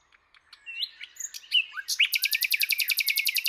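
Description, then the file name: Common nightingale song: a few soft scattered notes and whistles building into a loud, rapid run of repeated sharp chirps near the end. "Luscinia megarhynchos"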